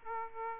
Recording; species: mosquito wingbeat signal from an infrared sensor; Aedes aegypti